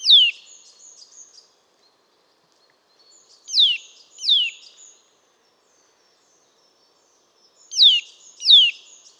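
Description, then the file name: Eurasian nuthatch calls, sharp descending notes mostly in pairs separated by pauses, with faint high twittering between them. "Sitta europaea"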